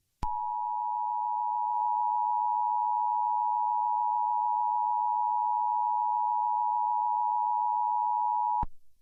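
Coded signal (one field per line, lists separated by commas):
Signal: Emergency Alert System (SAME) tones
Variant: 853 and 960 Hz attention tone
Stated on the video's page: Fictional EAS scenario with role-played SAME header tones, for entertainment.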